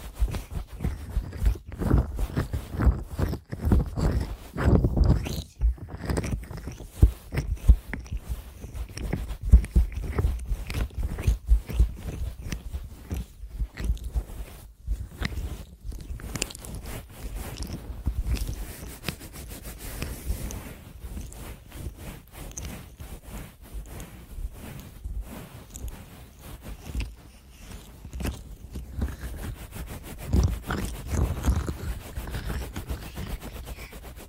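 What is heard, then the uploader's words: Rustling ear cleaning, with dense scratching and scraping. The sound is constant and busy, made of rapid small crackles and rubs, with deeper muffled thumps swelling near five seconds and again around thirty-two seconds. ASMR Best Ear Cleaning.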